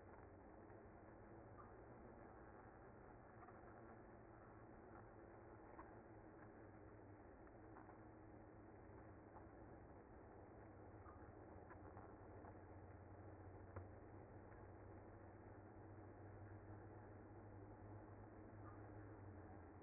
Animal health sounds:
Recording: honeybee colony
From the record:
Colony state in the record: active

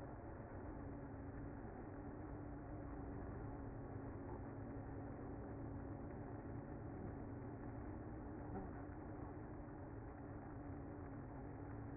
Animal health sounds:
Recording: honeybee colony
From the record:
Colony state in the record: active

